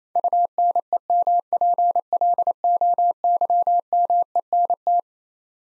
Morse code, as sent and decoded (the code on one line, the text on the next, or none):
..- -. . -- .--. .-.. --- -.-- -- . -. -
UNEMPLOYMENT